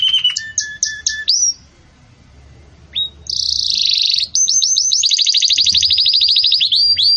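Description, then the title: Canary song with varied phrases: a few clipped notes, a short pause, then a buzzy high roll and a long rapid trill. Belgian canary song intended for teaching young chicks (encarte de filhotes); song style described as 'campainha' (bell). "Belíssimo Canto Do Canário Belga Campainha Para Encarte De Filhotes"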